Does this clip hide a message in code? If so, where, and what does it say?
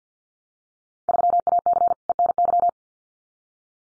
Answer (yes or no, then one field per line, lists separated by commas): yes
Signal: Morse code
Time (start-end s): 1.1-2.7 s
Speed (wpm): 50 wpm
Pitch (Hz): 700 Hz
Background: none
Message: 3AC ENY